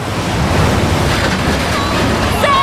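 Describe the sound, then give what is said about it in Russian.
Water surges and splashes in a loud, continuous rushing wash that holds steady for a few seconds, with a faint high whine rising briefly near the end. “Вода разливается в стороны.”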